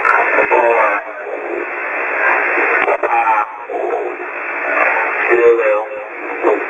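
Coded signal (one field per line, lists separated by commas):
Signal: coded military voice message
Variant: NATO phonetic alphabet, English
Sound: muffled single-sideband voice reading clipped phonetic letters through heavy hiss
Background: radio static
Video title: HF GCS EAM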